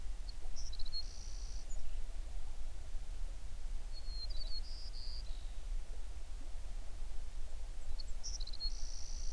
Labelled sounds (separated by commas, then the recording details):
songbird
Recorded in the Prudhoe Bay oil fields, Alaska, on 11 June 2019 at 05:27
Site 21